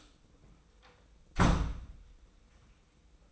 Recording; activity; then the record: daily activity, microphone in the room; close door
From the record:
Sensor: 1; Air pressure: 990.4 hPa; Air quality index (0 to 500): 152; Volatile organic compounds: 1000 ppm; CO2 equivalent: 5493 ppm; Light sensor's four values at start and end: 32/73/32/34 and 33/74/32/34